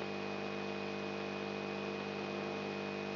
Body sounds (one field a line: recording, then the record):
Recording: brain microelectrode recording played as sound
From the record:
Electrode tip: outside the subthalamic nucleus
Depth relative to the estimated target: 3.5 mm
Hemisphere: right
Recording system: AlphaMap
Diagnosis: Parkinson's disease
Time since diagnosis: 10 years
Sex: male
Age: 56 years